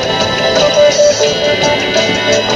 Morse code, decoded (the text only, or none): none